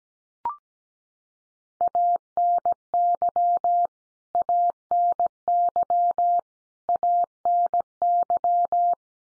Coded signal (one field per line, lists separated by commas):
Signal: Morse code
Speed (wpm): 17 wpm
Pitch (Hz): 700 Hz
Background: none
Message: ANY ANY ANY